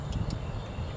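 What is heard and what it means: A black 6-pin sealed factory-quality connector on a secondary air injection bypass module for a 2007–2021 Tundra 5.7L is pushed onto the matching black 6-pin bank one harness connector. A short, sharp click is heard at 0.3 s over low background rumble. The connector seats firmly.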